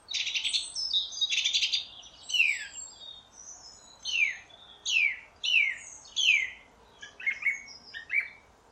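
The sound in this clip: Song thrush song: opening burst of buzzy notes, then a clear downslurred whistle repeated several times, ending in shorter, sharper repeated notes.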